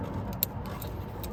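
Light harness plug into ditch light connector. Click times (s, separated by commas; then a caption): 0.4 s. The "light one" plug of a Team 1EV Morimoto LED ditch light wiring harness is pushed into its mating connector on the left side of a 2022 Ford F150 Lightning truck. A sharp click at 0.4 s stands out over a steady low rumble, followed by two fainter ticks near 0.8 s and 1.2 s. The plug is seated.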